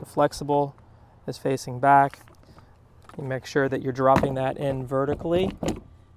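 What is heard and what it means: A pedal fin drive is handled by hand over the drive well of a Hobie Island series sailing kayak hull, with the rigid part of the fins facing forward and the flexible part facing back, ready to be dropped in vertically. Someone talks throughout, with a few faint knocks in a pause between phrases. Nothing has seated or clicked yet; the drive has not gone home in the well.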